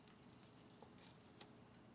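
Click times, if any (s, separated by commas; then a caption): 1.4 s. A new plastic oil pan drain plug is turned into the oil pan of a 2015–2021 Volkswagen Golf R Mk7 on the end of a standard screwdriver, with faint ticking and scraping over a low steady background. A sharp click at 1.4 s marks the plug seating in place, after which it will not turn further.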